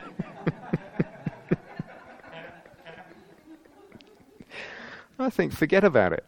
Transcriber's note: laughter